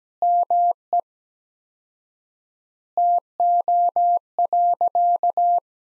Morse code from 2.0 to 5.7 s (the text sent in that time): TO.